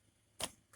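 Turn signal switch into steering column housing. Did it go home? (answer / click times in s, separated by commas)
no / none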